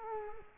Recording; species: mosquito wingbeat signal from an infrared sensor; Culex quinquefasciatus